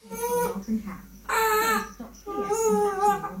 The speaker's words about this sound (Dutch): Is het lager of niet? Ja, deze papegaai gaat dus een heel octaaf lager.